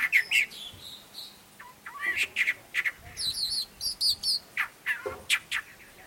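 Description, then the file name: Long-tailed mockingbird singing a lively jumble of whistled and chirping notes, some doubled high sharp notes, delivered in quick irregular succession. "Canto do mimao de cauda longa"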